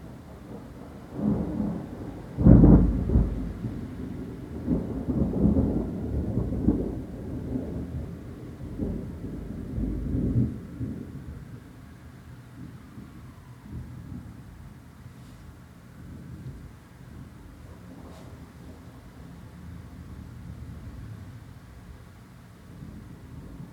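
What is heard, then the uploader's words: Thunder rumbles low and deep over steady rain, with the loudest crack and roll around two to three seconds in and further rumbling until about ten seconds. After that the thunder fades, leaving a quieter, even hiss of rain with faint sounds. Dozing through thunder and rain, Tulse Hill, London, UK. The stormy weather rolled in around South London. My room is situated within a block of flats.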